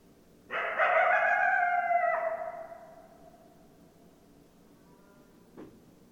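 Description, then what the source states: Coyote chorus of layered, steady howls that breaks into yips and fades out, followed by quiet and a single soft click. Several coyotes; recorded 10 December 2012.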